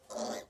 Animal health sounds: pig call; piglet (1 to 25 days)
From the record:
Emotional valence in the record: negative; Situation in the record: restrain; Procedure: back test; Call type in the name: low-frequency call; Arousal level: medium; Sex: female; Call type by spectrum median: low-frequency call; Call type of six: low-frequency stable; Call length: 0.51 s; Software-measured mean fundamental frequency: 63 Hz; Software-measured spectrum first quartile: 547 Hz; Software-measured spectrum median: 1060 Hz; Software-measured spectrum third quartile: 4635 Hz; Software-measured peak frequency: 600 Hz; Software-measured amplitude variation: 178 dB a second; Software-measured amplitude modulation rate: 21.8 a second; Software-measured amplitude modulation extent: 8.2 dB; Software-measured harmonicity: 3.2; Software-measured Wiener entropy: -2.62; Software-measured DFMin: 1094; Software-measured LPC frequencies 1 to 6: 604, 1920, 3481, 4565, 5945, 6753 Hz

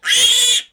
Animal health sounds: pig call; piglet (1 to 25 days)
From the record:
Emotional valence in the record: negative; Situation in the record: restrain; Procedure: back test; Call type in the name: high-frequency call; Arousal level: maximum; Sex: female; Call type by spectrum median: high-frequency call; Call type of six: high-frequency stable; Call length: 0.73 s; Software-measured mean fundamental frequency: 466 Hz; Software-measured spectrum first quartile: 3207 Hz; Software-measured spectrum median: 4215 Hz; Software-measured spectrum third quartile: 7647 Hz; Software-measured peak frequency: 3427 Hz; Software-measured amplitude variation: 156 dB a second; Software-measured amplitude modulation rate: 18.5 a second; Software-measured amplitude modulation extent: 8.4 dB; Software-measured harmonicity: 6.6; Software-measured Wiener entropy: -2.55

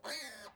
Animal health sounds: pig call; piglet (1 to 25 days)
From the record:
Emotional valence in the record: negative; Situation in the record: restrain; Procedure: back test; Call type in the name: high-frequency call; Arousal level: maximum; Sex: male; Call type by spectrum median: high-frequency call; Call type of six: high-frequency stable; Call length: 0.55 s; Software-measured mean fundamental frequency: 226 Hz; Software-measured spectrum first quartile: 1265 Hz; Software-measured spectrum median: 3011 Hz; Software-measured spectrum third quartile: 5263 Hz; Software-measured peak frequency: 591 Hz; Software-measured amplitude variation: 111 dB a second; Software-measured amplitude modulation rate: 17.1 a second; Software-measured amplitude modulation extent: 6.5 dB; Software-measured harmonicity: 3.5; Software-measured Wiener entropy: -1.71

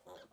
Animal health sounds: pig call; piglet (1 to 25 days)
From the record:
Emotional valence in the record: negative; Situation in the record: restrain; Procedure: back test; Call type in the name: low-frequency call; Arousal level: maximum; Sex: female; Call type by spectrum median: low-frequency call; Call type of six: mixed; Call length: 0.33 s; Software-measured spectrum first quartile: 520 Hz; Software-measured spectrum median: 850 Hz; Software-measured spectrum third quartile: 2107 Hz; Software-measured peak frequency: 542 Hz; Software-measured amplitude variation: 142 dB a second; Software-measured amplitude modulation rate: 12.2 a second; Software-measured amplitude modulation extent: 11.7 dB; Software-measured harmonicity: 1.5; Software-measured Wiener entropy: -1.26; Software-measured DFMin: 943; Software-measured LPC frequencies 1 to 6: 615, 3297, 4333, 5808, 6870, 7513 Hz

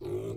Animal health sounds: pig call; weaner (32 to 43 days)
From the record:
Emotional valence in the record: negative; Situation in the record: short isolation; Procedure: open field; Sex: female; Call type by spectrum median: low-frequency call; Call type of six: low-frequency stable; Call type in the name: low-frequency stable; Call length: 0.37 s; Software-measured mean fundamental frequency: 62 Hz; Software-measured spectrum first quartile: 181 Hz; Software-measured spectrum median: 342 Hz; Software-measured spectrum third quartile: 438 Hz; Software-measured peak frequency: 374 Hz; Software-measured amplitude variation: 119 dB a second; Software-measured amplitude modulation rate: 26.9 a second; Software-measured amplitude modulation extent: 4.4 dB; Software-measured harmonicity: 3.2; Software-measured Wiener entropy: -0.12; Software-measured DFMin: 1138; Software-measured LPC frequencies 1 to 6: 384, 1017, 2282, 3180, 3801, 6305 Hz

